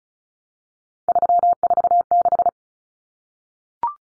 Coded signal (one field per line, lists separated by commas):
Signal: Morse code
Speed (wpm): 34 wpm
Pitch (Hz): 700 Hz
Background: none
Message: 346